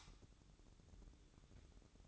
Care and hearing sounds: daily activity, microphone in the room; light off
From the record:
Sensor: 3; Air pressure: 1007.9 hPa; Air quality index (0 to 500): 107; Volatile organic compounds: 1 ppm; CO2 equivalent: 893 ppm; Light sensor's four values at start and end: 9/22/9/9 and 9/22/9/9

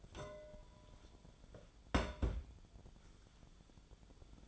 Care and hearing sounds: daily activity, microphone in the room; place on stove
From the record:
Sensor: 5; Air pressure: 1010.1 hPa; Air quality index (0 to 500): 148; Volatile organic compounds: 3 ppm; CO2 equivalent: 1443 ppm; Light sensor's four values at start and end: 262/632/272/300 and 263/637/273/300

